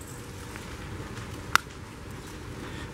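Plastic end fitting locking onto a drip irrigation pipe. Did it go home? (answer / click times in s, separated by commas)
yes / 1.6 s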